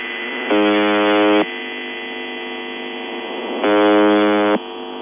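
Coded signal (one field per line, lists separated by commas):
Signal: channel marker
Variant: UVB-76 (The Buzzer)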